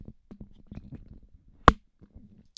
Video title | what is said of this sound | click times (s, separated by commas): Episode 141 - Shure NEXADYNE NXN8/S or the Beta 58? | that's the click um could you have put up with that when the person on stage Clips it into the mic | 1.7 s